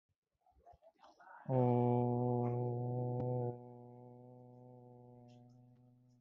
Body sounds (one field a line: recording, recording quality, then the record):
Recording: sustained vowel as in boot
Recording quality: moderate, slight background noise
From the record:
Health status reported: healthy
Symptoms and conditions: hypertension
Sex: male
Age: 29 years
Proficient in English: yes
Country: India